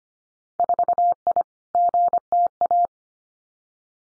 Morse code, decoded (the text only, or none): 4I GTA